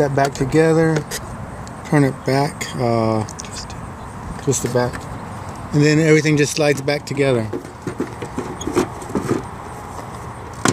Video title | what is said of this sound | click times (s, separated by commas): 2013 Hyundai Veloster brake light replacement | you'll hear it snap | 10.7 s